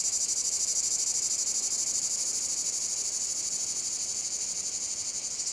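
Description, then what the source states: Cicada chorus, a steady, shrill buzzing drone with rapid regular pulses throughout, no other sounds standing out. Cicada field at Domaine de la Sablière, Saint-Privat-de-Champclos, France; recorded with a Zoom H6 and M/S microphone.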